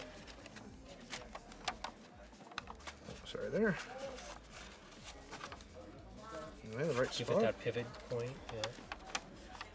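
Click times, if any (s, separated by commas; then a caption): 9.1 s. While a Hot Toys Batman Beyond collectible action figure is unboxed, a plastic accessory part is pressed onto the figure amid small handling taps and rustles as someone talks. The part snaps into place with a crisp click at 9.2 s and is seated.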